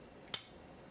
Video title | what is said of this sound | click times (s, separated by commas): 1911 stripped to the bone! | you got to be sticking out about that much and then the screw will turn and lock into place so here we go it should lock right in | 0.3 s